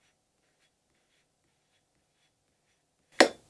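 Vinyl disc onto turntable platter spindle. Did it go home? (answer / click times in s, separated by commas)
yes / 3.2 s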